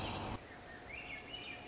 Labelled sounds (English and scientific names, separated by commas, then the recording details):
Swainson's Thrush (Catharus ustulatus)
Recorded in Sonoma County, California